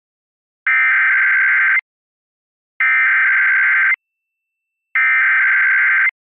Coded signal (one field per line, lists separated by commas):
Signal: Emergency Alert System (SAME) tones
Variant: header bursts